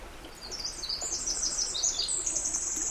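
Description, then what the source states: Winter wren delivering a quick, shrill, bubbling series of high trilled notes that swell slightly louder, with a low rushing noise beneath. Recorded 11 April 2005.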